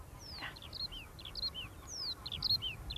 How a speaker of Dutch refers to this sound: Hey, hoor je de veldleverik? Kijk, die heeft ook al voorjaar in zijn bol, de veldleverik.